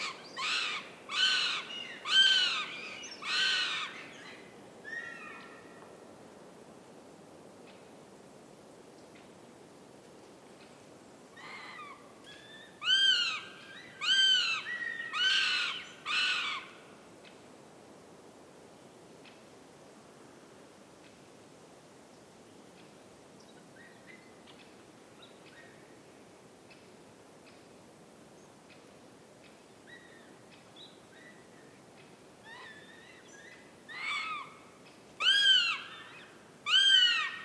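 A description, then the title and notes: Goshawk chicks at the nest give shrill, repeated begging calls in loud, frantic bursts: at the start, again around 12 to 16 seconds, and near the end. Between the outbursts the forest is quiet, with only a few faint, scattered calls. Central Sweden - Goshawk Chicks At Nest. Short excerpt from an overnight recording at a Goshawk nest in Central Sweden. The chicks can be heard fighting and begging for food, their calls echoing around the forest.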